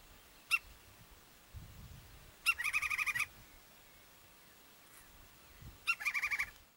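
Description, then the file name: Woodpecker gives a single sharp note, then two rapid chattering bursts of harsh notes several seconds apart. "canto do pica pau"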